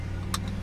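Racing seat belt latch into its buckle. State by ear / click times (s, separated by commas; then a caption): seated / 0.3 s. A metal racing harness belt latch is pushed into its buckle in a 1971 Plymouth Duster. A single sharp click sounds at 0.3 s over a steady low hum, and the latch snaps in and seats.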